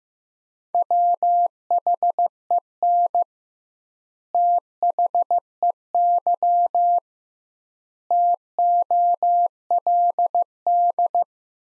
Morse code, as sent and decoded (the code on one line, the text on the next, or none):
.-- .... . -. / - .... . -.-- / - --- .-.. -..
WHEN THEY TOLD